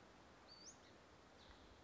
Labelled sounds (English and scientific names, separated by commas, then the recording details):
Western Flycatcher (Empidonax difficilis)
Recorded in Sonoma County, California